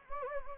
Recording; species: mosquito wingbeat signal from an infrared sensor; Anopheles gambiae